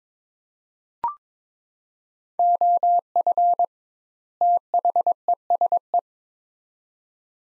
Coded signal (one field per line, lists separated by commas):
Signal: Morse code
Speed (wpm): 22 wpm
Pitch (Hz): 700 Hz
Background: none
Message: OF THESE